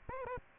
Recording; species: mosquito wingbeat signal from an infrared sensor; Aedes albopictus